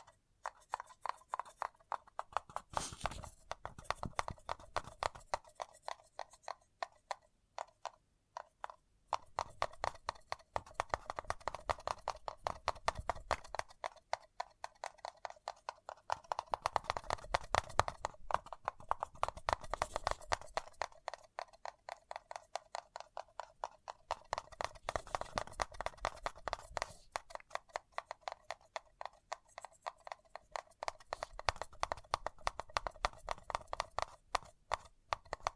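Fingers tap and scratch on a paper cup in quick, crisp clicks that run almost without pause. Denser flurries of rustling scratches swell every few seconds, then thin back to sparse, regular taps. The sound sits mostly in the middle range, with little low rumble.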